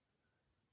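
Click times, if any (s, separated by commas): none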